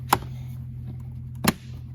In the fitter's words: it just snaps into place.